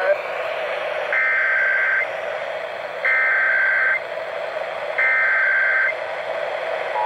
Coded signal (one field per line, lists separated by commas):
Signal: Emergency Alert System (SAME) tones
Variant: header bursts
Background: speech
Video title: HELLO 2020... EAS Tests from 1/7/20 - 1/16/20 (EAS #3,660 - 3,671)